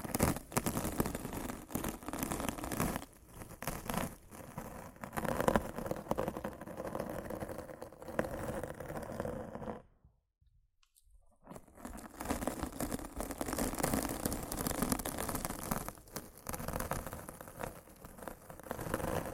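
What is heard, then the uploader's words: Rough scratching and brushing against a microphone, a dense, crackly scraping that runs almost continuously with fluttering bursts and uneven swells in loudness. Around ten seconds the sound drops out completely for about a second and a half, then the scratching resumes just as busily. ASMR Rough Mic Scratching & Brushing (No Talking).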